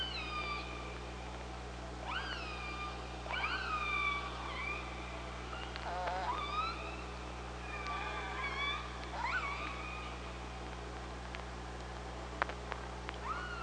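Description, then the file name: Killer whale pulsed calls, several in turn: each rises sharply then holds a harmonic tone, over constant low underwater hum and occasional clicks. Recorded by OrcaLab hydrophone on 24 August 2017 at 05:27. "Orca Lab UTLN JASON 20170824 052721"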